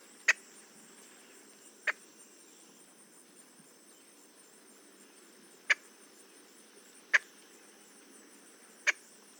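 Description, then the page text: Boat-tailed grackle giving five sharp, clicking chuck notes at irregular intervals over steady background hiss. "Paul Marvin - Лодкохвостый гракл (Quiscalus major)"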